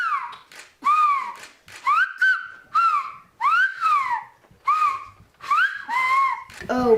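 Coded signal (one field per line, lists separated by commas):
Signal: whistled language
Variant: Whistled Béarnais Occitan (Aas)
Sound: about nine short rising and falling whistled syllables, like a spoken phrase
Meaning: Bring the ball to Marco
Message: porte loubalou à à Marco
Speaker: porte loubalou à à Marco et en français opul porte le ballon à Marco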